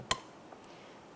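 A gray plastic harness connector on a 2015-2020 Cadillac Escalade rear impact sensor is pushed down into its mating socket, before its red lock tab is engaged. It snaps in with a sharp, bright click at 0.1 s, followed by a faint tick around 0.5 s. The connector is seated.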